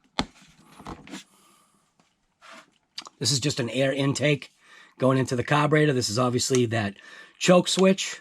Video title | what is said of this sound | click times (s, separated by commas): GENERAC 1200Watt Portable Inverter Generator On Site Power for your RC'S | dusty dirty conditions that just snaps right into place i hope | 0.2 s